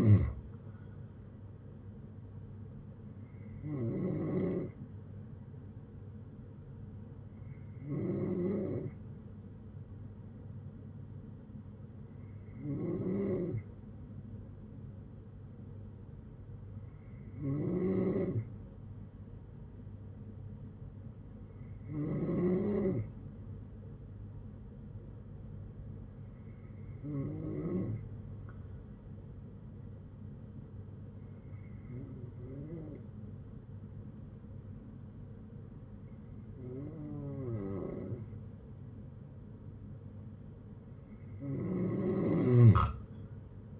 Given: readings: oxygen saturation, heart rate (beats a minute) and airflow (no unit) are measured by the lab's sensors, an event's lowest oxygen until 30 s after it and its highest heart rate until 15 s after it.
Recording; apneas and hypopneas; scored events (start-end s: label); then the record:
breathing in sleep by a smartphone at the bedside; none
3.00-43.79 s: new sleep stage, N2 (light sleep)
From the record:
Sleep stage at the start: N3 (deep sleep); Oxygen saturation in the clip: 92 to 93%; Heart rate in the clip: 57 to 67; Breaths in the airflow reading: 10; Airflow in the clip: -9.6 to 8.1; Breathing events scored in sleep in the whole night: 182 in 7.4 hours asleep